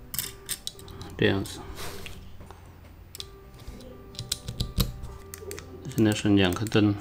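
After a replacement protection board is soldered into a Dyson V10 vacuum cleaner battery pack, its plastic cover is pressed back onto the battery housing. It snaps into place with sharp clicks at 0.1 and 0.7 seconds, followed by more short mechanical ticks while someone talks. The cover ends up seated.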